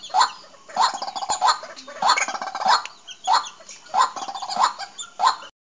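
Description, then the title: Bird calling in a regular series of short, harsh, ringing bursts. "Suara Burung"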